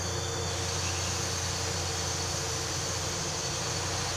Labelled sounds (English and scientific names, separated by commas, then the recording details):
none
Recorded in pastures near Puerto Asís, Putumayo, Colombia, on 13 March 2025 at 01:30
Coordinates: 0.466, -76.322
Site CSA-02